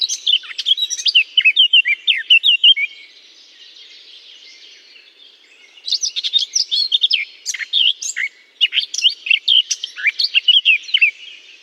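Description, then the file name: Eurasian blackcap song in two bursts: a quick warbling phrase of whistles and twitters, several seconds of quiet, then a longer rich warble. Singing in holly. "chant de fauvette a tete noire dans houx"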